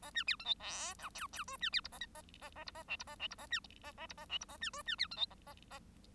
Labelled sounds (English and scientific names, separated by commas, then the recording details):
Bengalese Finch (Lonchura striata domestica) song
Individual Bird1